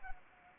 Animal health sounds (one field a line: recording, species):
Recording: mosquito wingbeat signal from an infrared sensor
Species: Anopheles arabiensis